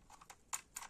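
A SIM card is positioned and pushed into the SIM slot on the back of an MTN 4G Premium router. Light ticks come at about 0.2 and 0.3 s, then a sharp click at 0.8 s, the sound that shows the card is properly in, so the SIM card is seated.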